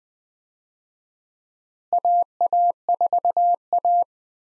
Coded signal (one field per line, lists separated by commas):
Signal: Morse code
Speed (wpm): 20 wpm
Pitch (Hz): 700 Hz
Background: none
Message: AA4A